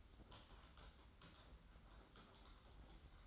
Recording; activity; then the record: daily activity, microphone in the room; typing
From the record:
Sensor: 3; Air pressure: 991.7 hPa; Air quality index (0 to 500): 187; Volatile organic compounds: 1000 ppm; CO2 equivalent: 6277 ppm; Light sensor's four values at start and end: 33/95/39/33 and 33/95/39/33